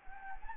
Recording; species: mosquito wingbeat signal from an infrared sensor; Anopheles gambiae